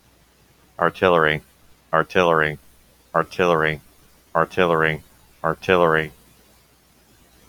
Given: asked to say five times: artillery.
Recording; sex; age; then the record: repeated word; male; 20 to 29 years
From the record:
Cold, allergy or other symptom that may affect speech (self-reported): no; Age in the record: 28 years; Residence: Florida, United States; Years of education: 15